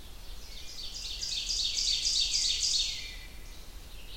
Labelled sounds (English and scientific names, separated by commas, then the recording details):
Ovenbird (Seiurus aurocapilla) song
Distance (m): 35 m
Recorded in boreal forest in Alberta, Canada, on 29 June 2016 at 07:16
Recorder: SongMeter 3, array SBT-6-79
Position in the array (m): 8 m, 102 m
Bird 40